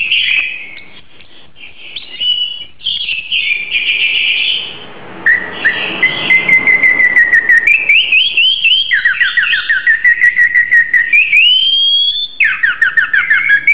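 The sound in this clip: Oriental magpie-robin singing a long varied song of sweet whistles, slurred rising and falling notes, and rapid repeated trilled phrases.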